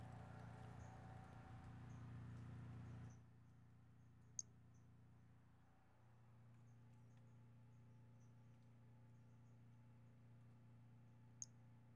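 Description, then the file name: Brachycephalus albolineatus peeps, high and brief, repeated irregularly after a noisier opening, with two sharp clicks and a steady low hum throughout. Recorded 5 February 2016. "Brachycephalus albolineatus 160205"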